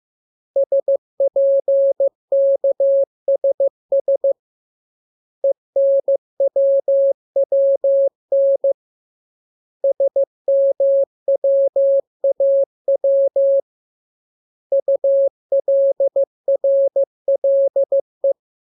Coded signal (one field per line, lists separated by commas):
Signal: Morse code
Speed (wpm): 15 wpm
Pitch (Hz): 550 Hz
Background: none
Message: SPKSS ENWWN SMWAW ULRLE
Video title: Learning Morse Code. Lesson 11. Letter KMURESNAPTLW